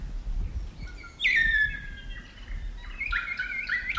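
South Island kaka song: long clear whistled notes, falling then level, followed by warbling whistles, over low rumbling background noise.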